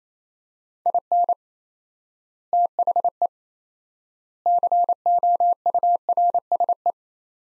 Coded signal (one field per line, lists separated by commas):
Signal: Morse code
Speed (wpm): 27 wpm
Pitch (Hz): 700 Hz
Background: none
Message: IN THE COURSE